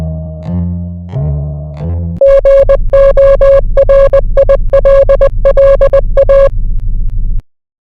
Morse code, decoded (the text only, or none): GORILLA